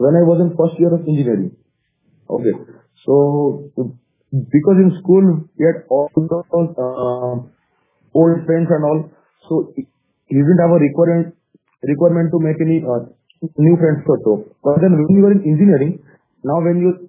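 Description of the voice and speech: An adult man who stammers speaks in a mildly accented, moderately paced monologue broken by frequent pauses. Sounds are drawn out, like a long 'so' and 'olds', and a word is restarted ('requirement… requirement'). These are mild prolongations and repetitions of an adult stammer that first saw speech therapy in school, around standard 7 or 8. He is not fully fluent, and the stammer worsens under stress.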